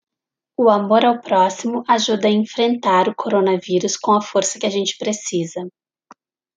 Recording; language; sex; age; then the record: spoken sentence; Brazilian Portuguese; female; 30 to 39 years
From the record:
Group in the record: control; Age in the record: 37 years